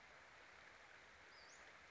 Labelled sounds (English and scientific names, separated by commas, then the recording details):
Western Flycatcher (Empidonax difficilis)
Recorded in Sonoma County, California